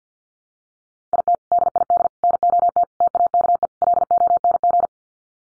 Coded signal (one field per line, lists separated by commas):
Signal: Morse code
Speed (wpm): 50 wpm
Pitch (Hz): 700 Hz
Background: none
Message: IT DID NOT TAKE LONG